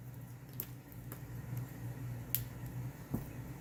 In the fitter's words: size everything snaps right in no pressure no nothing you just put him in and you're done